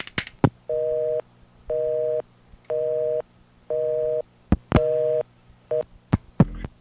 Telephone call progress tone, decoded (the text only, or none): busy tone